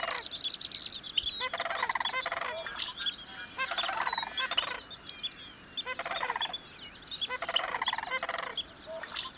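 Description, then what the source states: Sandhill cranes giving loud rattling, rolling bugles in several repeated bursts, with high chirps of small birds throughout. A pair at marsh ponds along Slough Creek in Yellowstone at sunrise, likely up from wintering grounds in New Mexico to breed there.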